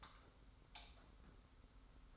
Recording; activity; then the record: daily activity, microphone in the room; light off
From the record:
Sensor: 3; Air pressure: 991.1 hPa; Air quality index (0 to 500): 113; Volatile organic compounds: 64 ppm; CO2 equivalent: 3463 ppm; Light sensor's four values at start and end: 38/93/38/35 and 36/84/34/32